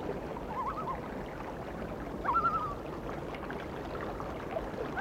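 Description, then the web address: Loon calls: a soft wavering note early, then a sharper quavering tremolo burst midway, over continuous low background noise. "A Természet hangjai - Madárdal Sounds of Nature - Cry of the Loon"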